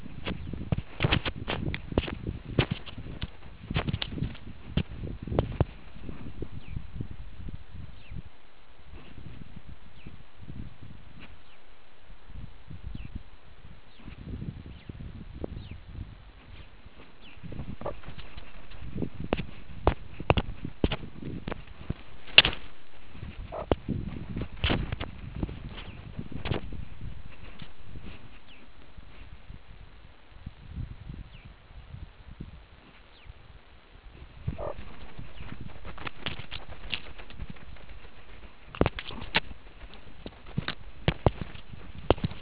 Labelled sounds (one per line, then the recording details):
meerkat close call
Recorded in the Kuruman River Reserve, South Africa
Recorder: an audio tag on a meerkat's collar